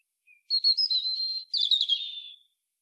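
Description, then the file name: European robin song: a faint thin note leads into a clear high whistled warble, then a second quivering, descending twittered phrase; nothing else audible. "Erithacus rubecula"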